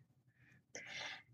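A faint, short intake of breath is followed by one sudden, explosive, hissing burst of air lasting about half a second, then quick fading. A single sneeze from an adult.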